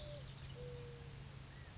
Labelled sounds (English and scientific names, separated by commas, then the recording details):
Mourning Dove (Zenaida macroura)
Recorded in Sonoma County, California